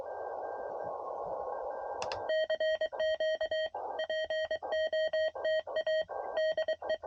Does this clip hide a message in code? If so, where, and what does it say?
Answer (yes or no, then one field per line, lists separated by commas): yes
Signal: Morse code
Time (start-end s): 2.3-6.9 s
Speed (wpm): 23 wpm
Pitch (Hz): 630 Hz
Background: radio noise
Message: CQ POTA DE